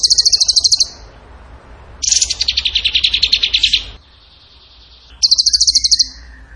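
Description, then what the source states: Bird delivering a fast pulsed trill, then a lower, denser rattling phrase, a brief faint whistle, and another rapid high trill. Masteran (training recording) of a bird singing in the tembakan gacor style.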